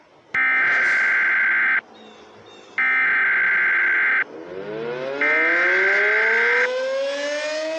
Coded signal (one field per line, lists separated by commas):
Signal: Emergency Alert System (SAME) tones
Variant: header bursts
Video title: The Hawaii wedge An EAS Scenario part 1